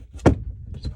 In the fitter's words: that it just pops into place so there you go